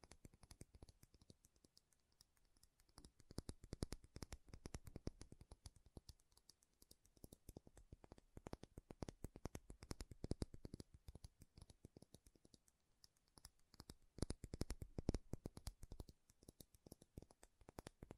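Rapid tapping and scratching on makeup containers, a dense, uneven stream of sharp clicks and ticks that runs for the whole clip. The pace surges in bursts, busiest around five, ten and fifteen seconds, with brief thinner stretches between.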